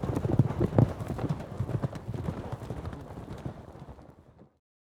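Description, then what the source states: Horses galloping: dense, rapid drumming of hoofbeats, heavy at first and then fading away into silence near the end. Four horses galloping on dirt.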